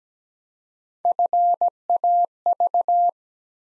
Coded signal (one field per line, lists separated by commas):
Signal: Morse code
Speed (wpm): 17 wpm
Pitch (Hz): 700 Hz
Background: none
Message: FAV